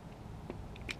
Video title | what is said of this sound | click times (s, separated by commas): welding project, timing chain clock | There it goes. Don't force it too hard. You'll just kind of feel a little snap. | 0.9 s